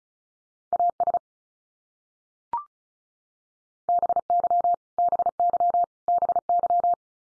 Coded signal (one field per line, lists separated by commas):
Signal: Morse code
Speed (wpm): 34 wpm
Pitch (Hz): 700 Hz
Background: none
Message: AS BY BY BY